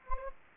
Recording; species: mosquito wingbeat signal from an infrared sensor; Anopheles gambiae